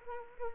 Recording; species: mosquito wingbeat signal from an infrared sensor; Culex quinquefasciatus